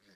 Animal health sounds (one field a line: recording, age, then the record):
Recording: pig call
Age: piglet (1 to 25 days)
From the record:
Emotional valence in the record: positive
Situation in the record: short reunion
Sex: female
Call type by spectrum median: low-frequency call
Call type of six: low-frequency modulated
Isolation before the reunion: 3 minutes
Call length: 0.16 s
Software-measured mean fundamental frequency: 51 Hz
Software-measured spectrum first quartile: 388 Hz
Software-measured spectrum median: 1639 Hz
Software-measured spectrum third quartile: 3746 Hz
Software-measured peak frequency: 188 Hz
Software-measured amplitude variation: 64 dB a second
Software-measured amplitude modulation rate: 9.4 a second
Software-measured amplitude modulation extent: 6.8 dB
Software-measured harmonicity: 1.1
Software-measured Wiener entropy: -1.34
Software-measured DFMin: 1044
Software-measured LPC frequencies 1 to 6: 345, 1680, 4686, 5478, 7139, 8257 Hz